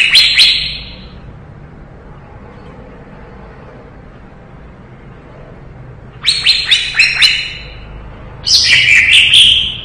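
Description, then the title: Leafbird song: a sharp burst of high, bright chirping notes at the start, then two longer runs of rapid, buzzy trilled phrases later on. Cucak ijo singing in lively gacor style; 2017. "Suara Burung Cucak Ijo Gacor, 2017"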